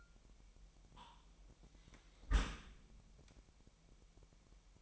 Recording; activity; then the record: daily activity, microphone in the room; close dishwasher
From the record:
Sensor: 1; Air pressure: 998.3 hPa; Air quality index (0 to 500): 140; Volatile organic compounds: 4 ppm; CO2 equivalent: 1671 ppm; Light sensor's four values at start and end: 16/55/22/22 and 16/55/22/22